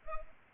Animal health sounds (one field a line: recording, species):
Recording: mosquito wingbeat signal from an infrared sensor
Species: Culex pipiens